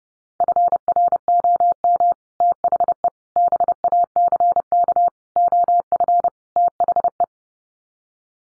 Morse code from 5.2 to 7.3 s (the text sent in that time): OF THE